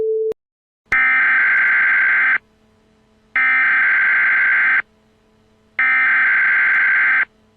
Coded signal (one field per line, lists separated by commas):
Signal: Emergency Alert System (SAME) tones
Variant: header bursts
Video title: Fake North Korea Attack Prank: Emergency Alert System (EAS)